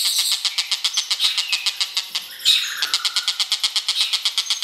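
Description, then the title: Bird calls: steady rapid pulsed chirps, with a brief sweeping whistle near the middle and a few higher notes. "SUARA BURUNG"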